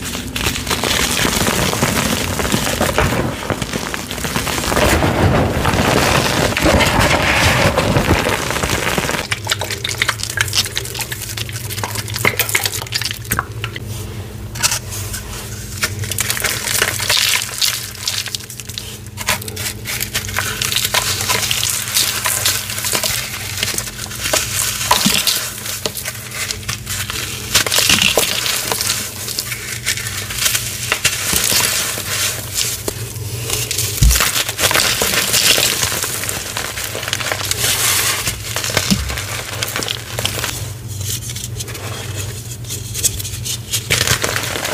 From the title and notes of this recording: Baby Oil Gym Chalk Crushing Compilation.